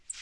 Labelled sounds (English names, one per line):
Northern Parula flight call